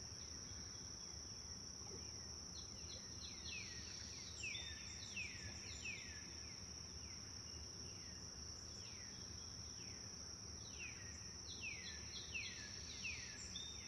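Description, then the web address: Birds chirping, many quick downslurred chirps tumbling in loose overlapping bursts, over a steady high insect drone and a low background rumble. Forest birds chirping. "sound-effects-bible Forest Birds Chirp"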